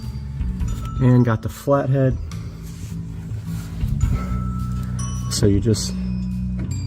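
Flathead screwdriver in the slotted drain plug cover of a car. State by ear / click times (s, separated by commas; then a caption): stripped / 6.6 s. A flathead screwdriver is set into the worn slot of a plastic drain plug cover under a car and turned, while someone talks. The blade slips with a sharp click at 6.6 s because the slot is stripped.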